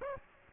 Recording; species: mosquito wingbeat signal from an infrared sensor; Aedes aegypti